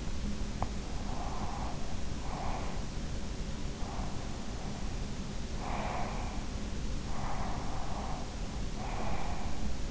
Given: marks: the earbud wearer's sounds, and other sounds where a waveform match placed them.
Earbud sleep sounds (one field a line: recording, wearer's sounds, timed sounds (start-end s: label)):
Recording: sounds in sleep by an in-ear microphone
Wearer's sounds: teeth grinding, breath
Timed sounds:
0.00-0.73 s: teeth grinding
1.07-2.97 s: breath
3.75-6.38 s: breath
7.13-9.65 s: breath